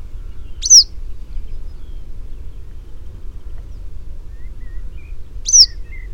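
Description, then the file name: Yellow wagtail: two strong, piercing, down-curving call notes about five seconds apart, soft chirps in between, low rumble beneath. British subspecies. "Engelse Gele Kwikstaart"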